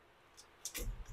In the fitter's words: then you're going to take your dome light and we're going to position it it just snaps right in